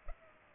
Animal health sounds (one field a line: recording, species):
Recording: mosquito wingbeat signal from an infrared sensor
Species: Culex pipiens